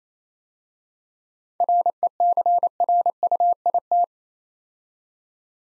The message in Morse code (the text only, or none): RECRUIT